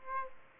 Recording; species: mosquito wingbeat signal from an infrared sensor; Aedes aegypti